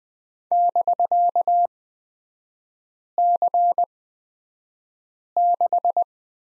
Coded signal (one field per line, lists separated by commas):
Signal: Morse code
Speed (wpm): 20 wpm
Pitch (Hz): 700 Hz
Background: none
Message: <BK>C6